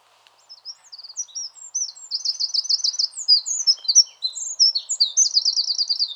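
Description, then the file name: Eurasian wren song building from a few soft notes into a loud, rushing sequence of high trills and twittering phrases lasting about six seconds. "Troglodytes troglodytes"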